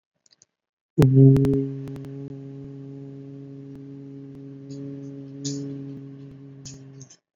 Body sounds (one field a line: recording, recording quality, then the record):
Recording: sustained vowel as in boot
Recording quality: moderate, slight background noise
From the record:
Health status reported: recovered from COVID-19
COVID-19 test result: negative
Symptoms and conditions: none ticked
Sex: male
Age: 24 years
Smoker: not ticked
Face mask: worn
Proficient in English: yes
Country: India